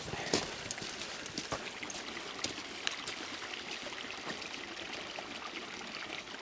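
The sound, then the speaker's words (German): A brook with a willow beside it flows steadily, its bright, hissing babble broken by little splashes and gurgles, with no voices over it. “Hier diese Weide am Bach.”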